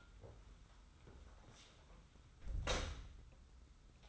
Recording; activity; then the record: daily activity, microphone in the room; close door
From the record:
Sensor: 3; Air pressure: 991.5 hPa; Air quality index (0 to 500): 150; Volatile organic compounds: 533 ppm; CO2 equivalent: 4862 ppm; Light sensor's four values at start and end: 45/125/51/44 and 45/125/51/44